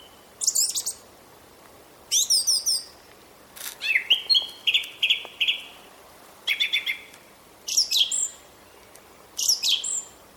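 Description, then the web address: Song thrush song: loud varied phrases, including a run of repeated whistled notes, separated by short pauses. "vogelstimmen singdrossel gesang nabu lars lachmann"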